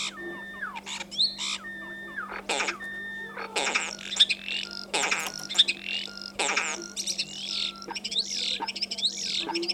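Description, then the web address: Common starling singing a rambling medley of harsh squawks, clicking bursts and thin whistles, with a constant low hum behind. "vogelstimmen star xenocanto"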